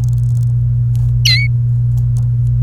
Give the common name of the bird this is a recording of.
Domestic Canary